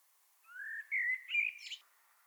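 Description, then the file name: Common blackbird giving a short phrase: a smooth rising whistle, a couple of warbled notes and a brief high squeaky flourish. "Turdus merula"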